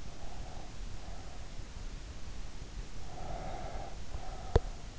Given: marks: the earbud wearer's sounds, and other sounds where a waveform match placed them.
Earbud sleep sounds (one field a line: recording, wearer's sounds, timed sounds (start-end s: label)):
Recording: sounds in sleep by an in-ear microphone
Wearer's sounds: breath, teeth grinding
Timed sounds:
0.00-1.76 s: breath
3.02-4.79 s: breath
4.43-4.79 s: teeth grinding